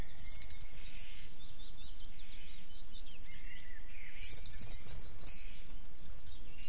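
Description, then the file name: European robin uttering repeated bursts of rapid high ticking notes, some longer runs and some single notes, over faint background twittering. "Erithacus rubecula"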